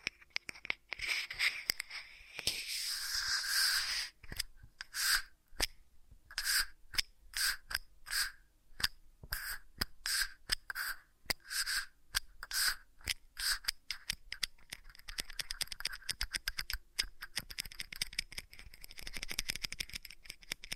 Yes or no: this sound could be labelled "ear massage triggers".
yes